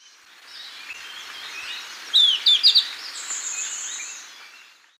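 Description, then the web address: Golden-faced Tyrannulet calling a single high phrase, a downslurred whistle followed by three quick notes, with other faint birds and a thin high tone behind. Ecuador; possible unnamed taxon. "Birds of Ecuador Golden-faced Tyrannulet (possible unnamed taxon)"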